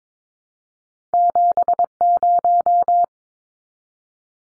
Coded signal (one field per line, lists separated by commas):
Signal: Morse code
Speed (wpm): 22 wpm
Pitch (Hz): 700 Hz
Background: none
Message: 70